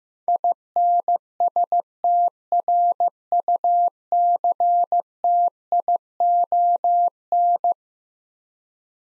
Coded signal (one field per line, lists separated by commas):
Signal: Morse code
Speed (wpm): 15 wpm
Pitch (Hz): 700 Hz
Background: none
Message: INSTRUCTION